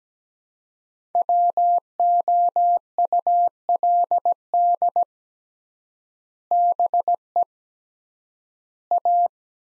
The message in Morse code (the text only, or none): WOULD BE A